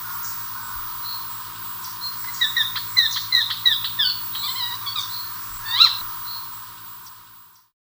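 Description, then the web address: Greater Scythebill giving a rapid run of short whistled notes, clustered and uneven in rhythm, peaking in loudness, then fading out to silence. Recorded in Ecuador. "Birds of Ecuador 2. Greater Scythebill"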